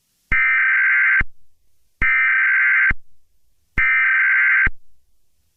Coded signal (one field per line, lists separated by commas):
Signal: Emergency Alert System (SAME) tones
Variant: header bursts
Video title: 9-29 EAS Scenario